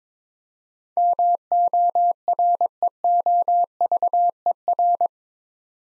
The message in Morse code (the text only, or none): MOREOVER